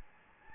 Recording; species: mosquito wingbeat signal from an infrared sensor; Anopheles gambiae